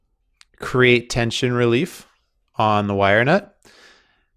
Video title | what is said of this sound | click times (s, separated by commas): Hướng dẫn lắp đặt van tưới tự động Hunter & RainBird (DDC) | snap the cap on the top | 0.4 s